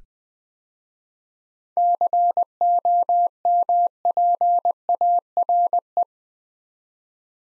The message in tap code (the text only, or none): none